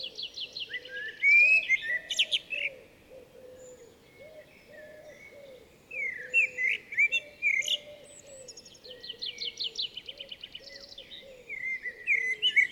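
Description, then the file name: Common blackbird song: fluty, low warbled phrases ending in high squeaky twitters, in bursts every few seconds, over a steady repeated low cooing from a dove. "Turdus merula"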